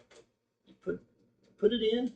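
An ink tank for a Canon IP8720 printer is lined up by its two little notches with the print head holder and put in, with only faint handling noises while someone talks. It has not yet been pushed down, and nothing has clicked yet.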